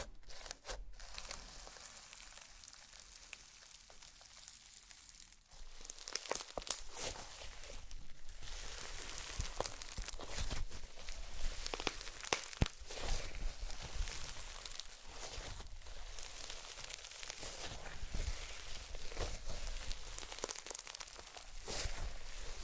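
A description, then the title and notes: Slime being played with, starting with a quiet stretch of faint, scattered clicks for about five seconds. After that the sound turns busier and louder, with dense, sticky crackling and bright popping bursts that come irregularly and keep going to the end. ASMR SLIME! 5 Satisfying Slimes.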